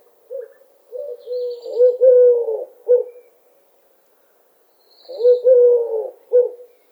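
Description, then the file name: Eurasian collared dove cooing: two low, hollow three-part phrases with the middle note held longest, about four seconds apart, with faint higher chirps above. "Tuerkentaube Ruf"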